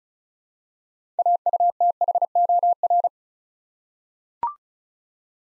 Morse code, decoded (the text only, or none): AUTHOR